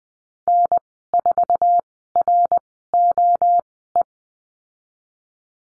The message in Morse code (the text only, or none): N4ROE